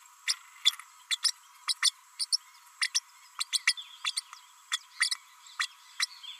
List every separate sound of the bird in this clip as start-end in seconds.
0.26-0.33, 0.65-0.71, 1.10-1.17, 1.23-1.32, 1.67-1.74, 1.82-1.91, 2.19-2.25, 2.32-2.37, 2.81-2.89, 2.94-3.00, 3.40-3.44, 3.52-3.59, 3.67-3.74, 4.04-4.11, 4.16-4.21, 4.71-4.78, 5.00-5.09, 5.59-5.67, 5.99-6.06